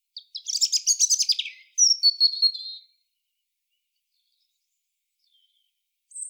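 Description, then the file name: European robin singing a rapid, tinkling warbled phrase of high notes for about three seconds, then silence before a thin high note begins at the end. "Erithacus rubecula"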